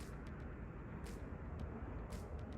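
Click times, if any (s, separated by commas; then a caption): none. A tweeter speaker is being lined up with its grooves to the dash speaker mount of a 2025 Toyota Camry, since there is only one way it will go in. Only a steady low rumble is heard, with brief soft hiss bursts near 0.1, 1.1 and 2.2 seconds. The tweeter has not been pushed in or clicked into place yet.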